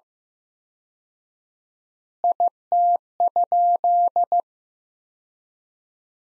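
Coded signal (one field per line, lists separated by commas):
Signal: Morse code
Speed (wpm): 15 wpm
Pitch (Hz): 700 Hz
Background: none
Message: IT?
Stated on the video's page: Morse practice at 15 wpm: sentences from the top 300 words with 4x standard word spacing, a word-level analogue of Farnsworth spacing.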